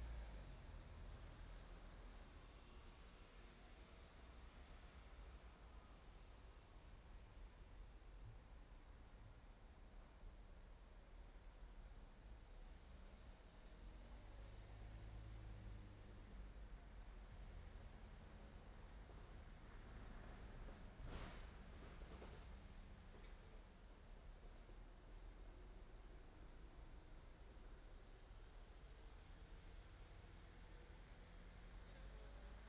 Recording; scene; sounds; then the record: everyday scene through a hearing-aid microphone; in traffic; traffic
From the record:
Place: main road on the outskirts, rush hour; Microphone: behind the ear, right, rear